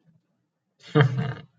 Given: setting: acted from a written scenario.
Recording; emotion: vocal sound without words; contempt